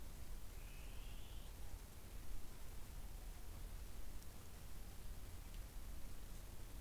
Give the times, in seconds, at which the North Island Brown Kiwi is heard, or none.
none